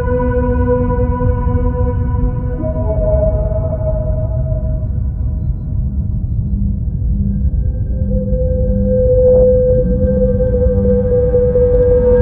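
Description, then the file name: Whale song with sustained harmonic moans that step up in pitch, then a series of short low pulsed notes and a high held tone over a deep rumble. Song of a mother whale. "Sonido Canto de Ballenas - Madre Ballena"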